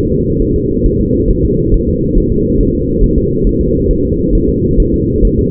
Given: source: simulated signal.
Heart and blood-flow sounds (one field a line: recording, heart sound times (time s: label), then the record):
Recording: fetal heart sounds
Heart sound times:
0.12 s: S2
0.42 s: S1
0.56 s: S2
0.86 s: S1
1.00 s: S2
1.31 s: S1
1.45 s: S2
1.74 s: S1
1.88 s: S2
2.18 s: S1
2.32 s: S2
2.60 s: S1
2.75 s: S2
3.03 s: S1
3.18 s: S2
3.47 s: S1
3.61 s: S2
3.91 s: S1
4.05 s: S2
4.35 s: S1
4.49 s: S2
4.80 s: S1
4.94 s: S2
5.25 s: S1
5.39 s: S2
From the record:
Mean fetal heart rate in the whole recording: 135 bpm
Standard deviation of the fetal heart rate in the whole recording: 3 bpm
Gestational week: 36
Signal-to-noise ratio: -14.7 dB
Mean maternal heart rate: 72 bpm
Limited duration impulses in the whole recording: present